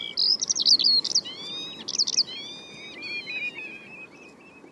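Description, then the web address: Bird chirping, a quick run of high warbled notes followed by a softer series of repeated chirps that fade out. "Bird Only"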